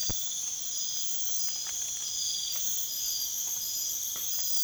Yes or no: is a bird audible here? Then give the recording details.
no. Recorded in secondary vegetation near Puerto Asís, Putumayo, Colombia, on 27 June 2025. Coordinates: 0.488, -76.319. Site G094